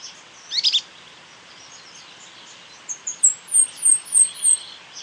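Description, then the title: São Francisco Sparrow song of about seven very high, thin, slightly falling notes, preceded by a quick burst of sharp chips. "LuckyPassaro Completos2Sama. Sao Francisco Sparrow (Arremon franciscanus)"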